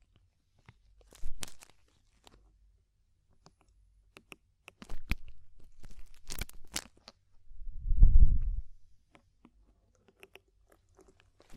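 Ear cleaning sounds made of sparse crackles, scratches and crunchy clicks, with quiet stretches between them. Busier rubbing bursts come around five to seven seconds, and a deep, rumbling rub swells near eight seconds before fading back to scattered ticks.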